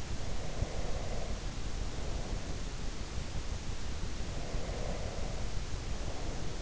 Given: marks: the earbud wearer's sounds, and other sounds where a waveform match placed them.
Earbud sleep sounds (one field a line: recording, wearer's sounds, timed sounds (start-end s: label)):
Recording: sounds in sleep by an in-ear microphone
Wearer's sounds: breath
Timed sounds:
0.22-2.65 s: breath
4.28-6.62 s: breath